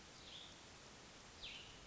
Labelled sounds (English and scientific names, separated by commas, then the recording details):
Cassin's Vireo (Vireo cassinii)
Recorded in Sonoma County, California